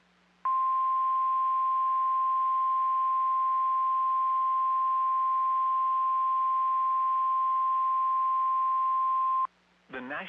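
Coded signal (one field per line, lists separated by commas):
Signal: Emergency Alert System (SAME) tones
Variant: 1050 Hz attention tone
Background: speech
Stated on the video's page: NOAA Weather Radio severe thunderstorm warning for parts of Maryland and northern Virginia.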